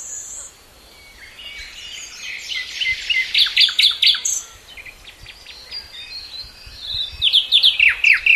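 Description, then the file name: Common nightingale song, a building series of quick chirps and trills, a quieter stretch, then another loud burst of sharp notes. "Luscinia megarhynchos"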